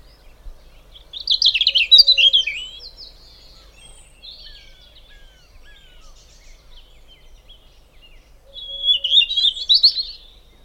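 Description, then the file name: European robin song, a rich jumbled high phrase near the start, a long quiet gap, then a second thin trilled phrase. "Erithacus rubecula"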